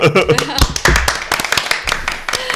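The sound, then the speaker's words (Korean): A short burst of applause for a lecturer at the end of a long talk on digital audio: a few people clapping hands in quick, uneven, sharp claps that carry steadily throughout, with faint voices mixed in underneath at the start. “네, 끝나기 전에 이게 박수 뭡니까? 한번 보내드릴까요?”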